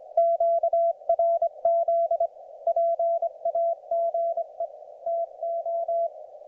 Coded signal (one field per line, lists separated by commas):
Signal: Morse code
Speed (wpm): 23 wpm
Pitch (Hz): 690 Hz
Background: none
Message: QRZ PAGE TO